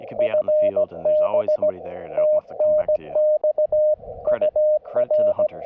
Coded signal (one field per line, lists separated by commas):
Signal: Morse code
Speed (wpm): 20 wpm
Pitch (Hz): 600 Hz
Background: speech, radio noise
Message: FB TNX UR